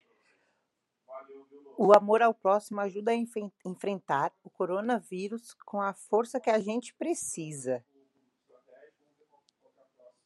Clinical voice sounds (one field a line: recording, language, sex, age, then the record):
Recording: spoken sentence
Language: Brazilian Portuguese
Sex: female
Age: 30 to 39 years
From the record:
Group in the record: control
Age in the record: 39 years